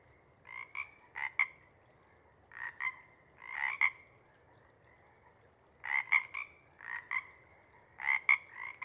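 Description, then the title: Pacific chorus frog chorus broken into short staccato clusters of raspy croaks, separated by pauses of up to about two seconds, the calling thinning out between bursts. Pacific chorus frog (Pseudacris regilla) chorus at a pond, late night before morning twilight, waning into staccato sections that taper away as temperature drops and frogs leave to hunt. "Chorus Frogs, Chorus Waxes and Wanes, pre-morning-twilight"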